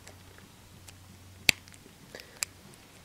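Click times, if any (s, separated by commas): 1.5 s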